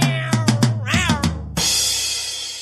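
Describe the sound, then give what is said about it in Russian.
A cat meows in a string of short, pitched cries, then a longer wavering meow, before a steady loud hiss of noise takes over to the end. “На кота и попугая не отвлекаемся.”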